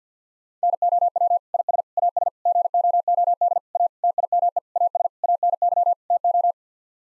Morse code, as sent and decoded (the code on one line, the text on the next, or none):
-. --- .-- / .. ... / .- ... / --. --- --- -.. / .- / - .. -- . / .- ... / .- -. -.-- / - ---
NOW IS AS GOOD A TIME AS ANY TO